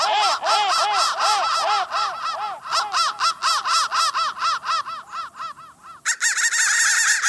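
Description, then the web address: Crow calls, rough repeated caws in a rapid chain that grows uneven and quieter before a sudden bright, dense burst of stacked calls. Processed crow calls. "soundfactory crow 1"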